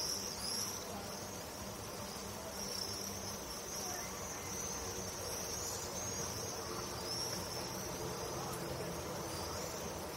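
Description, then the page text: Swifts utter high, thin shrieks in scattered arching bursts over a constant hissing background. "Стрижи - Пение стрижей"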